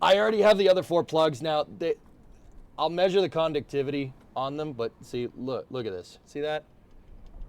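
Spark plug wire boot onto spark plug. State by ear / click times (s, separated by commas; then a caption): not seated / none. A man talks while handling a spark plug wire boot on a spark plug. The boot does not click into place and just pulls off, and nothing has seated or clicked yet.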